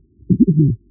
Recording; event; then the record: neck accelerometer signal played as sound; voluntary cough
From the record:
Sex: female